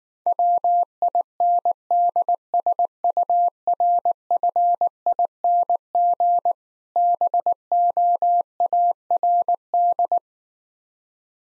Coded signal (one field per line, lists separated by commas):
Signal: Morse code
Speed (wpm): 19 wpm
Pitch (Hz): 700 Hz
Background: none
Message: WINDSURFING BOARD